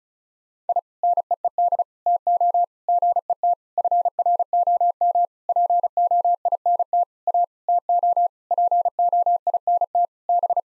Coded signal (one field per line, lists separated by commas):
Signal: Morse code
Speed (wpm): 36 wpm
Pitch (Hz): 700 Hz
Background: none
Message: I NEED TO GET FROM POINT A TO POINT B